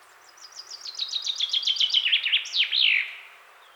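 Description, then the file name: Common chaffinch song, a rattling run of rapid notes stepping steadily downward, then a loud terminal flourish that sweeps down, in a quiet setting. "Fringilla coelebs"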